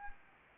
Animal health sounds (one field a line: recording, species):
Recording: mosquito wingbeat signal from an infrared sensor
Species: Anopheles arabiensis